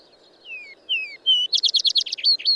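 Bird song with two descending whistles and a flat pure note, followed by a fast run of loud buzzy trilled notes.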